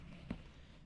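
A control module on a John Deere 787 strip till is pressed again into its brain box connector to make sure it is fully inserted. A single short, sharp click with a low thump is heard at 0.3 s over a steady low background rumble. The module is seated, pushed fully home.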